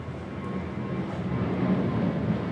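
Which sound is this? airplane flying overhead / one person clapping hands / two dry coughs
airplane flying overhead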